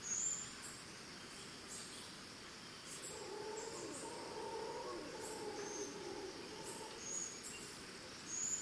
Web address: Big Room Sound Birds Crickets Costa Rica Distant Monkeys